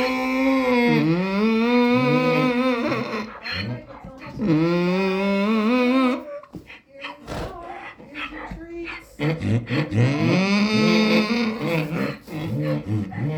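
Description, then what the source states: Donkeys braying, several long rising and falling brays with rich harmonics, separated by a break with clattering and rustling noise. Several donkeys braying while their food was being prepared, for about a minute.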